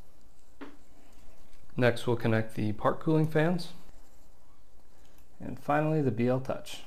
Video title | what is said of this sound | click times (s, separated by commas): Magnetic Mounting Supercharged Printing Head (Part 2) | and then it just snaps right into place with the magnets | 0.6 s